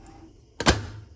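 A pressure cooker lid is turned onto a pot of lentils until it locks with a sharp click at 0.6 s, followed by a louder thunk at about 0.7 s that decays over the next half second. The lid is seated and locked on tight.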